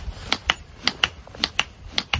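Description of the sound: Short, sharp high-pitched beeps repeat in a steady rhythm, coming in closely spaced pairs. This is the metronome of a semi-automatic defibrillator. After the shock, the device runs a new analysis. If the victim has not regained consciousness, these beeps set the pace for resuming cardiac massage.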